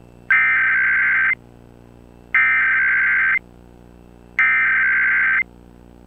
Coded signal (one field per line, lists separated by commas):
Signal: Emergency Alert System (SAME) tones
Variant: header bursts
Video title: WPBA PBS Emergency Alert System (8/07/19)